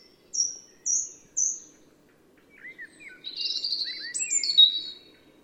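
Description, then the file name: European robin singing three thin, high, evenly spaced notes, then soft downslurred chirps building into a rich, rapid, high warble. "Erithacus rubecula"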